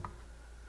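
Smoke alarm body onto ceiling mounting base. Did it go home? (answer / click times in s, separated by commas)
yes / 0.1 s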